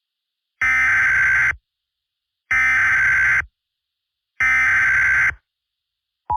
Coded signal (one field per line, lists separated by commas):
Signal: Emergency Alert System (SAME) tones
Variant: header bursts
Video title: EAS Mock Remake: Learn from your mistakes!